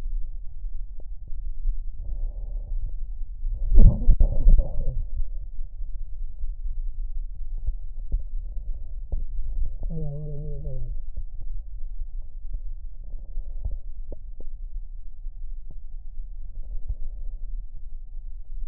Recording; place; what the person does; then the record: lung sounds by stethoscope; right anterior apical chest; quiet breathing, then cough and speech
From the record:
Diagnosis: COPD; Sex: male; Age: 65 years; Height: 162 cm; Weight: 67.8 kg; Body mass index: 25.8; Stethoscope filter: extended mode